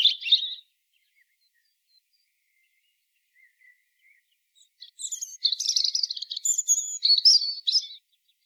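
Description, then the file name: European robin: the tail of one high phrase, a quiet gap with faint notes, then a longer sparkling warbled phrase. "Erithacus rubecula"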